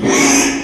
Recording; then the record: squeal of a Yucatan mini pig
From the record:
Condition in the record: after surgery on the right vocal fold (resection and tissue-engineered implant); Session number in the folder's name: 3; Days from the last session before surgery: 33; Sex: male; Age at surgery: 12 weeks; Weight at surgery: 13 kg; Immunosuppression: cyclosporine, prednisolone